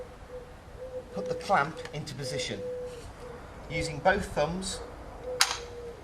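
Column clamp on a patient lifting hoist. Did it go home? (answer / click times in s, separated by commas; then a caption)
yes / 5.4 s. The clamp that holds the column of a patient lifting hoist is pushed into position with both thumbs while someone talks over a faint steady tone. A single sharp click sounds at 5.4 s as the clamp clicks safely into place and is seated.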